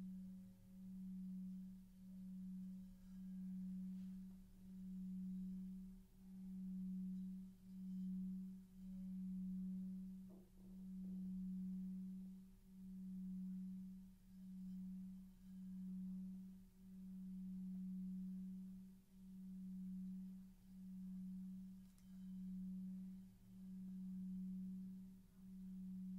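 A singing bowl hums on one low, steady pitch for the whole stretch, its tone swelling and fading in slow regular pulses about once a second. A faint higher overtone rings above it, and a few soft metallic taps come through around the ten-second mark.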